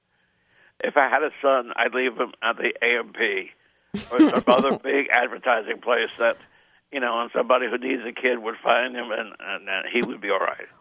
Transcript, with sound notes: If I had a son I'd leave him at the A&P...
(SOUNDBITE OF LAUGHTER)
...or some other big advertising place that, you know, where somebody who needs a kid would find him and then he would be all right.